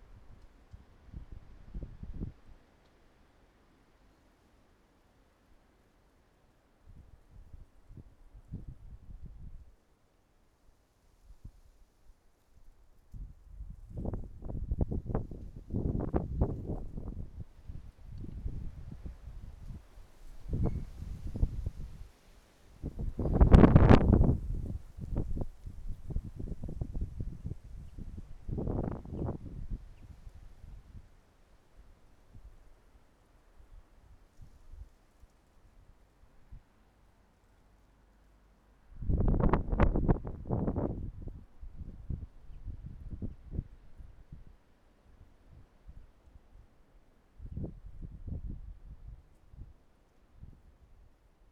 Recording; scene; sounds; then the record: everyday scene through a hearing-aid microphone; wind on the microphone; wind, traffic, birds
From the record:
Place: suburban garden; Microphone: behind the ear, right, front